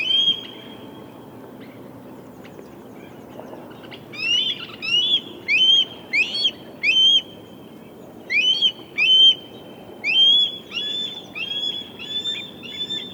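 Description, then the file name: Red-tailed hawk calls, a series of sharp, slurred notes in bursts of two or three, with brief pauses between groups. "Red tailed Hawk Buteo jamaicensis"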